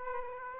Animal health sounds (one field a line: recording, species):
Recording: mosquito wingbeat signal from an infrared sensor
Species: Aedes aegypti